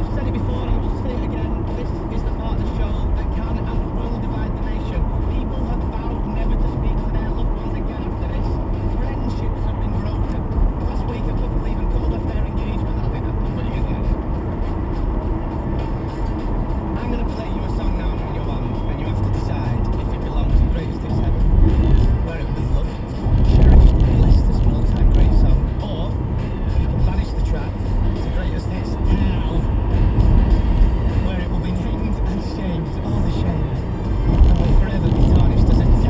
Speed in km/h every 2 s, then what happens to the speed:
85, 85, 85, 84, 85, 89, 89, 92, 89, 85, 82, 82, 82, 85, 87, 90, 93, 93.
0-7 steady at about 85. 7-14 speeds up to 92. 14-19 slows to 82. 19-25 steady at about 82. 25-31 speeds up to 93.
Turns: none.